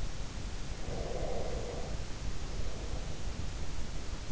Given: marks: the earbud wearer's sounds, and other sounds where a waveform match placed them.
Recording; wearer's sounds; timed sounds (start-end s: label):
sounds in sleep by an in-ear microphone; breath
0.70-3.69 s: breath